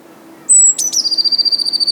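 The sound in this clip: Bird song: a clear high whistle, then two sharp notes leading into a fast, even trill of repeated notes continuing to the end.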